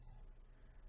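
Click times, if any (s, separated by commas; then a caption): none. A fitness tracker pod, a Mi Band 2, is being handled and pushed toward its silicone wristband. Only a steady low hum and faint broadband noise are heard, with no sharp transients. Nothing has seated or clicked yet.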